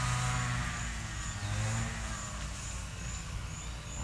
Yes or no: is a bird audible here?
no